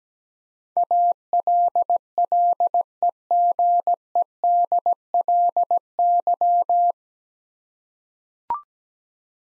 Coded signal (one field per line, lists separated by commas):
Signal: Morse code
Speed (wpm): 17 wpm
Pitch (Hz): 700 Hz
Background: none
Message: ALLEGEDLY